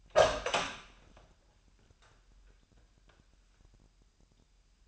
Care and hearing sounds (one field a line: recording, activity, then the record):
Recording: daily activity, microphone in the room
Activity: open door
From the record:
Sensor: 2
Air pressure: 998.3 hPa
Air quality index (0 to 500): 135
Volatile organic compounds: 3 ppm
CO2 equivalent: 1524 ppm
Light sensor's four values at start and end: 11/31/13/13 and 11/31/13/13